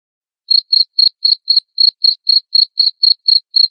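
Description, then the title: Cricket beginning after half a second of quiet, giving a rapid even run of high pulsed chirps, about four each second. Loud cricket chirping played to make lovebirds sing continuously. "Suara JANGKRIK NGERIK Keras Bikin LOVEBIRD Jadi NGEKEK Terus Vubey"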